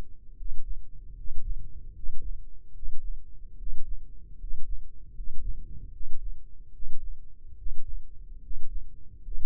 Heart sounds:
heart sounds by microphone in the left ear; 75 bpm
0.35 s: heartbeat
1.14 s: heartbeat
1.93 s: heartbeat
2.72 s: heartbeat
3.56 s: heartbeat
4.36 s: heartbeat
5.13 s: heartbeat
5.90 s: heartbeat
6.71 s: heartbeat
7.55 s: heartbeat
8.40 s: heartbeat
9.20 s: heartbeat
From the record:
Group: healthy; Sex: male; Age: 23 years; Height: 178 cm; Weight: 96.6 kg

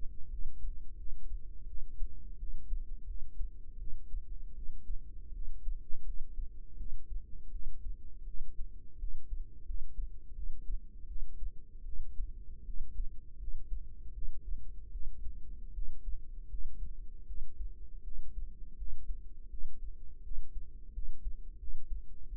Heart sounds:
heart sounds by microphone in the right ear; 82 bpm
0.29 s: heartbeat
0.96 s: heartbeat
1.66 s: heartbeat
2.37 s: heartbeat
3.05 s: heartbeat
3.77 s: heartbeat
4.53 s: heartbeat
5.32 s: heartbeat
6.04 s: heartbeat
6.76 s: heartbeat
7.50 s: heartbeat
8.25 s: heartbeat
8.98 s: heartbeat
9.65 s: heartbeat
10.34 s: heartbeat
11.06 s: heartbeat
11.84 s: heartbeat
12.64 s: heartbeat
13.38 s: heartbeat
14.13 s: heartbeat
14.91 s: heartbeat
15.73 s: heartbeat
16.49 s: heartbeat
17.26 s: heartbeat
18.03 s: heartbeat
18.76 s: heartbeat
19.49 s: heartbeat
20.22 s: heartbeat
20.92 s: heartbeat
21.58 s: heartbeat
22.28 s: heartbeat
From the record:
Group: healthy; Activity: rest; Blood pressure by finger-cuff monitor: 105/69 mmHg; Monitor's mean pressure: 81 mmHg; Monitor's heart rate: 81 bpm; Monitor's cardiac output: 6.5 L/min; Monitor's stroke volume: 82 mL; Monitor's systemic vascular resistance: 910 dyn s/cm5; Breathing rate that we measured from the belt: 18 breaths a minute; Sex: female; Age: 19 years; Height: 163 cm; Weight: 48.9 kg

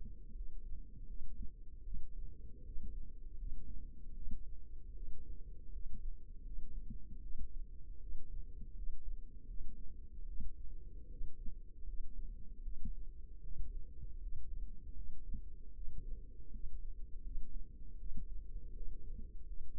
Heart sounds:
heart sounds by microphone in the left ear; 78 bpm
0.32 s: heartbeat
1.05 s: heartbeat
1.82 s: heartbeat
2.62 s: heartbeat
3.35 s: heartbeat
4.12 s: heartbeat
4.92 s: heartbeat
5.70 s: heartbeat
6.42 s: heartbeat
7.20 s: heartbeat
7.98 s: heartbeat
8.73 s: heartbeat
9.45 s: heartbeat
10.24 s: heartbeat
11.07 s: heartbeat
11.83 s: heartbeat
12.61 s: heartbeat
13.41 s: heartbeat
14.18 s: heartbeat
14.93 s: heartbeat
15.72 s: heartbeat
16.50 s: heartbeat
17.21 s: heartbeat
17.96 s: heartbeat
18.72 s: heartbeat
19.43 s: heartbeat
From the record:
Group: healthy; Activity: cold pressor test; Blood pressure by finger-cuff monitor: 73/48 mmHg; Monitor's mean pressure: 58 mmHg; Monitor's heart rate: 78 bpm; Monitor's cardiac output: 6.4 L/min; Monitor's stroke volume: 83 mL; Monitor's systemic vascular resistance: 620 dyn s/cm5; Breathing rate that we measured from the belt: 22 breaths a minute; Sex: female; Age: 22 years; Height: 163 cm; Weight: 67.1 kg

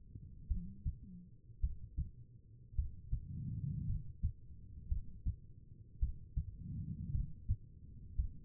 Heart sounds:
heart sounds by stethoscope; 55 bpm
0.48 s: heartbeat
1.60 s: heartbeat
2.75 s: heartbeat
3.86 s: heartbeat
4.88 s: heartbeat
5.99 s: heartbeat
7.11 s: heartbeat
8.16 s: heartbeat
From the record:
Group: healthy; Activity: cold pressor test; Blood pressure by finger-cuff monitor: 105/71 mmHg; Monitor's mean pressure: 82 mmHg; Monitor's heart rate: 54 bpm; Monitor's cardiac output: 4.2 L/min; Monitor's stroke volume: 78 mL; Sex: female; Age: 36 years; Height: 163 cm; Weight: 88 kg

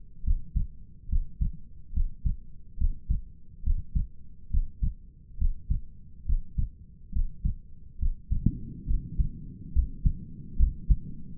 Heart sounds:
heart sounds by stethoscope; 70 bpm
0.24 s: heartbeat
1.09 s: heartbeat
1.94 s: heartbeat
2.78 s: heartbeat
3.64 s: heartbeat
4.51 s: heartbeat
5.38 s: heartbeat
6.26 s: heartbeat
7.13 s: heartbeat
7.99 s: heartbeat
8.87 s: heartbeat
9.74 s: heartbeat
10.58 s: heartbeat
From the record:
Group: healthy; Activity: breath hold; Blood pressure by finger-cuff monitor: 90/63 mmHg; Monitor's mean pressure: 71 mmHg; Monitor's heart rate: 70 bpm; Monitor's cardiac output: 5.4 L/min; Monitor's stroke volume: 79 mL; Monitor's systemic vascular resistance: 810 dyn s/cm5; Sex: male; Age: 22 years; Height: 181 cm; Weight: 79 kg

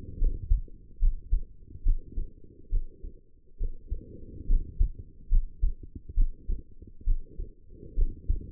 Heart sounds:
heart sounds by stethoscope; 70 bpm
0.18 s: heartbeat
0.99 s: heartbeat
1.83 s: heartbeat
2.69 s: heartbeat
3.57 s: heartbeat
4.47 s: heartbeat
5.29 s: heartbeat
6.14 s: heartbeat
7.04 s: heartbeat
7.95 s: heartbeat
From the record:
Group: healthy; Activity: rest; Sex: female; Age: 22 years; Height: 160 cm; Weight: 45 kg

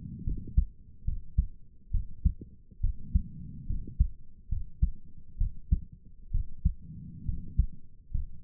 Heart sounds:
heart sounds by stethoscope; 69 bpm
0.24 s: heartbeat
1.04 s: heartbeat
1.91 s: heartbeat
2.80 s: heartbeat
3.66 s: heartbeat
4.49 s: heartbeat
5.37 s: heartbeat
6.31 s: heartbeat
7.25 s: heartbeat
8.11 s: heartbeat
From the record:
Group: healthy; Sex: female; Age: 22 years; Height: 154 cm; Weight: 58.7 kg

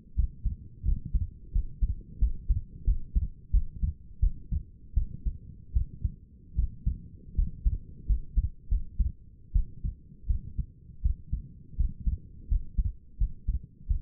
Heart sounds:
heart sounds by stethoscope; 83 bpm
0.16 s: heartbeat
0.85 s: heartbeat
1.52 s: heartbeat
2.19 s: heartbeat
2.85 s: heartbeat
3.51 s: heartbeat
4.20 s: heartbeat
4.94 s: heartbeat
5.73 s: heartbeat
6.56 s: heartbeat
7.35 s: heartbeat
8.06 s: heartbeat
8.69 s: heartbeat
9.53 s: heartbeat
10.27 s: heartbeat
11.02 s: heartbeat
11.77 s: heartbeat
12.49 s: heartbeat
13.18 s: heartbeat
13.88 s: heartbeat
From the record:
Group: healthy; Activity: rest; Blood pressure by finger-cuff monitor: 122/82 mmHg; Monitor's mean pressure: 95 mmHg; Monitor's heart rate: 84 bpm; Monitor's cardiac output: 5.9 L/min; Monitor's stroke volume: 72 mL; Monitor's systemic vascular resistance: 1240 dyn s/cm5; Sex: female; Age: 37 years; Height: 168 cm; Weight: 70 kg

